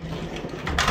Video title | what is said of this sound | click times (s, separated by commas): 2021 34H5 Georgetown GT5 by Forest River | clicks back in place | 0.8 s